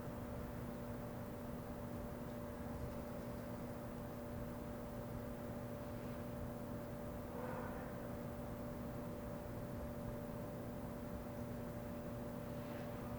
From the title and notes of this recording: This audio of NE Minneapolis was recorded. Between 7:45 and 8:15 PM. The neighborhood is pretty quiet, perhaps due to a snow earlier in the day. There are two vantage points in the recording: the first with me closer to a vent and the second with me further away.